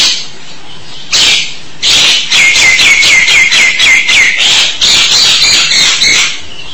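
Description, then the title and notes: Starling singing a fast series of harsh, clipped notes about four a second, many ending in short falling whistles, after a couple of opening bursts. "suara burung jalak"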